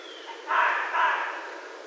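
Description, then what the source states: Red fox uttering two coarse, scratchy barks about half a second apart against a low, even hiss. Recorded 16 January 2012.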